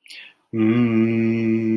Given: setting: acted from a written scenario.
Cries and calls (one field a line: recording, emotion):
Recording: vocal sound without words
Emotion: serenity